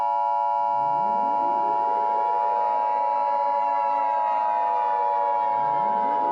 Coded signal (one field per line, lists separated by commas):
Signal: Emergency Alert System (SAME) tones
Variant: 853 and 960 Hz attention tone